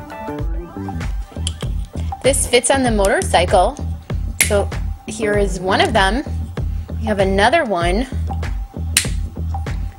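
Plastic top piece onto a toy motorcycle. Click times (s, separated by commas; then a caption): 9.0 s. A plastic top piece is pressed onto a Playmobil toy motorcycle while music plays and someone talks, with light clicks of plastic handling throughout. A sharp snap at 9.0 s marks the piece seating into place on the motorcycle.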